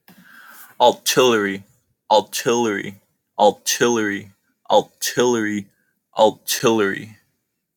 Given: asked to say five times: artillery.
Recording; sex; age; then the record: repeated word; male; 20 to 29 years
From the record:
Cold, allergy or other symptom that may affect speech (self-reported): no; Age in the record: 20 years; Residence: California, United States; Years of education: 14